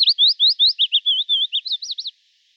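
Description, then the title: Willow warbler song: a fluent, rapid string of many slurred whistled notes, then silence. "Sylvain Jaskowiak - Mes piafs. Pouillot fitis"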